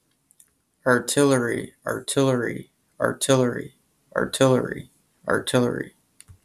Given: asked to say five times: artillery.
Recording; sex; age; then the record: repeated word; male; 30 to 39 years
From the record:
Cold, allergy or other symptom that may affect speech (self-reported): no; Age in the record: 33 years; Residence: United States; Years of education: 12